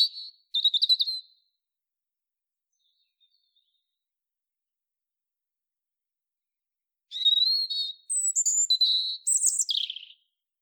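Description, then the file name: European robin giving a brief burst of high twittering notes, a long silence, then a varied run of thin whistles and rapid, tinkling trills. "Erithacus rubecula"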